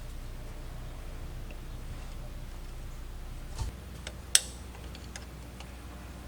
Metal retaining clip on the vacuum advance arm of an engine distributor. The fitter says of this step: so I just snapped back in ready